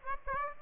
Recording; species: mosquito wingbeat signal from an infrared sensor; Aedes aegypti